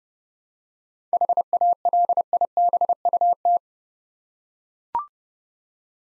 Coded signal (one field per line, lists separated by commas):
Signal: Morse code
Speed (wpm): 30 wpm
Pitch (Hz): 700 Hz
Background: none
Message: HALIBUT